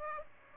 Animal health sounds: mosquito wingbeat signal from an infrared sensor; Aedes aegypti

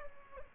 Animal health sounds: mosquito wingbeat signal from an infrared sensor; Aedes albopictus

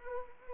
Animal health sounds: mosquito wingbeat signal from an infrared sensor; Anopheles arabiensis

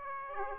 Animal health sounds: mosquito wingbeat signal from an infrared sensor; Aedes aegypti

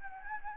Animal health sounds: mosquito wingbeat signal from an infrared sensor; Anopheles gambiae

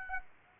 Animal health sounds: mosquito wingbeat signal from an infrared sensor; Aedes aegypti

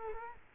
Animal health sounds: mosquito wingbeat signal from an infrared sensor; Culex quinquefasciatus

